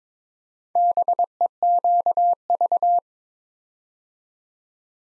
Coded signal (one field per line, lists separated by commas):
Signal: Morse code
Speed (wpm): 22 wpm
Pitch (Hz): 700 Hz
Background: none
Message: BEQV